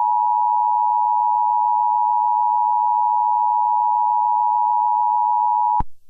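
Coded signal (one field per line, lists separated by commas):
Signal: Emergency Alert System (SAME) tones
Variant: 853 and 960 Hz attention tone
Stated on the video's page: Comedy parody EAS alert; fictional, not a real broadcast.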